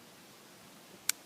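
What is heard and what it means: A 25-round polymer extended rifle magazine is pushed up into a rimfire action until the catch snaps over it. After quiet low background noise, one loud, sharp, broadband click comes at 1.1 s. The magazine is seated and won't come out.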